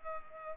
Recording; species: mosquito wingbeat signal from an infrared sensor; Culex pipiens